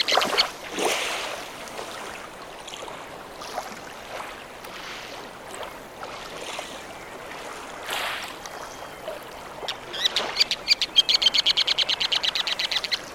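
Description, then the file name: Ruddy turnstone rattle, a quick run of clipped chattering notes near the end, after a long stretch of surf washing and scattered faint calls. "Ruddy Turnstone - Arenaria interpres"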